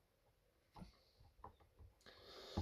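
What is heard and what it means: A resin/PVC figure's foot, with its peg, is pushed into the matching hole in its display base. After a softer bump at about 0.8 s, a short sharp knock lands at 1.4 s as the peg seats. The foot fits in well with no play.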